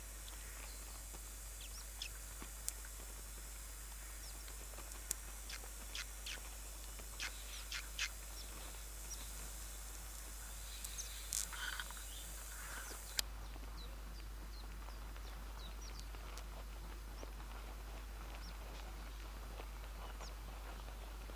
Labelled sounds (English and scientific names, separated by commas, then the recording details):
Willow Warbler (Phylloscopus trochilus) call
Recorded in captivity
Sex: diverse
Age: diverse
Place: Volierenanlage, Zoologisches Institut Universität Tübingen, Baden-Württemberg, DE
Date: 1968-06-05
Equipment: Kapselmikrophon, LGS26
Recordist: Schneider, Hans-Joachim